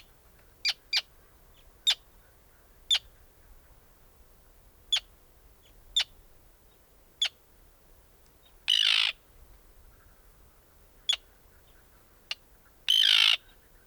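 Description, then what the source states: Bird calls: sparse sharp high clicks at irregular intervals, with two louder harsh rasping bursts, over a quiet background hiss. Recorded in the Arctic.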